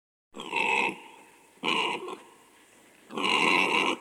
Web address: pig grunt